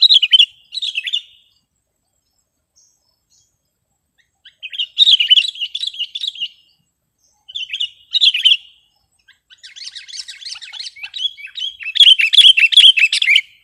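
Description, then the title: Sooty-headed bulbul song: separate bursts of bubbling chirps with pauses between them, ending in a busy, scratchy chatter. "kutilang"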